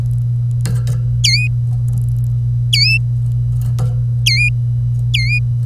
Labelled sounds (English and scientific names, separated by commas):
Domestic Canary (Serinus canaria) song